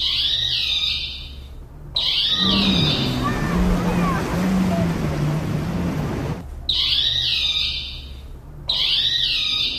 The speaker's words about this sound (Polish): To jest właśnie sygnał dla ratowników, że mają się zbierać, pakować się z rzeczami na łódkę.